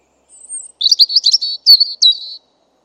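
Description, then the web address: European robin song: a thin high whistle, then a quick jumble of sweet, tinkling notes that rise and fall, ending abruptly. "Deverinetal 2025"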